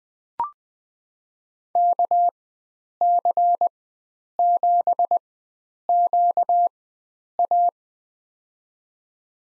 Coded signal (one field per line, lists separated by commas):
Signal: Morse code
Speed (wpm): 20 wpm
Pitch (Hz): 700 Hz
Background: none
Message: KC7QA